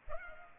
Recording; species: mosquito wingbeat signal from an infrared sensor; Culex pipiens